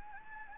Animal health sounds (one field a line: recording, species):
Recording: mosquito wingbeat signal from an infrared sensor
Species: Anopheles gambiae